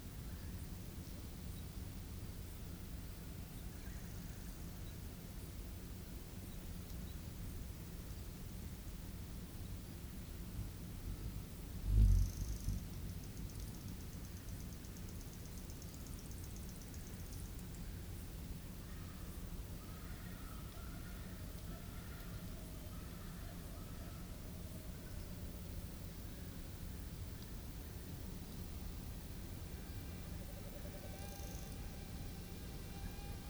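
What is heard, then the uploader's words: A summer night in the bush, carried by a steady low hum that never lets up. Faint insect trills drift in after about twenty seconds, with thin, rapid chirping near the end. A single sharp knock breaks through at around twelve seconds. It's a summers night in the bush on Ngarigo land. The summer hum of cicadas and crickets.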